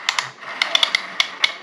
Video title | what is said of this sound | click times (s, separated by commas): TINY TITAN..AFERIY NANO 100 Ultimate Charger!!! Unboxing and Review | This thing will pull out. You hear it kind of lock. | 0.6 s, 0.8 s, 0.9 s, 1.2 s, 1.4 s